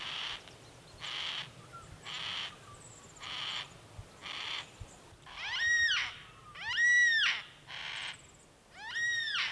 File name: yellow tailed black cockatoo